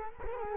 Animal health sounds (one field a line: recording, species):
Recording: mosquito wingbeat signal from an infrared sensor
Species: Culex quinquefasciatus